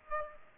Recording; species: mosquito wingbeat signal from an infrared sensor; Aedes aegypti